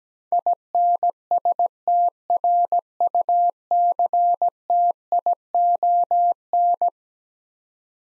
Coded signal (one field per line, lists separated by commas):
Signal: Morse code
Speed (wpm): 17 wpm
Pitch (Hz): 700 Hz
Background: none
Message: INSTRUCTION